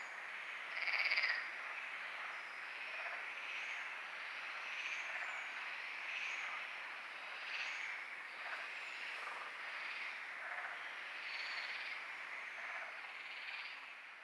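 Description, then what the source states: Frogs in a dense chorus of overlapping calls, one brief louder burst near the start, with a constant high wash throughout. Frogs calling at night at Lagoa do Congro; binaural recording, equalized.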